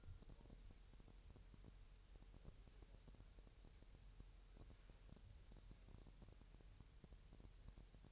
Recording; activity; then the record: daily activity, microphone in the room; wipe stove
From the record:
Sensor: 2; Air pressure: 1000.8 hPa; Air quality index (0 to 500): 249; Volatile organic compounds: 100 ppm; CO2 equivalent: 3751 ppm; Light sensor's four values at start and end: 10/23/10/10 and 10/23/10/10